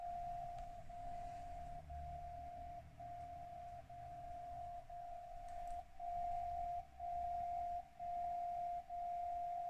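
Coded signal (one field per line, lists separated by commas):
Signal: radio time signal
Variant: DCF77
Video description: In this video, I'm receiving the time signal with Software Defined Radio from SDRPlay - RSP1A tuned to 77.5 kHz and a Tecsun MW Ferrite Antenna on the right side. (the annoying sound you hear in the background)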